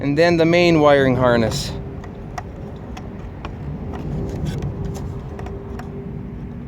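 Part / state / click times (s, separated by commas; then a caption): main wiring harness connector into taillight / not seated / none. Someone talks briefly at the start, then faint handling noises and a few light ticks follow as the main wiring harness's plastic connector plug is brought to the taillight of a 2007-2013 Acura MDX. Nothing has seated or clicked yet; the clip ends just before the connector goes home.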